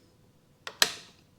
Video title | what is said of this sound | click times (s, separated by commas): Setting Up My Wife's Hunting Rifle With A New Scope And Bipod System | Now I'm going to tighten these guys down. You'll hear it click, | 0.8 s